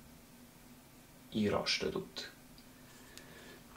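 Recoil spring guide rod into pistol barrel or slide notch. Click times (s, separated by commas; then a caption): 3.2 s. During reassembly of an HS Produkt XD-9 Mod. 2 pistol, the recoil spring and guide rod assembly is inserted at a slight angle, then pushed forward and down into its notch in the barrel or slide. Someone talks briefly, then a sharp, short click is heard at 3.2 s as the assembly snaps into the notch and seats.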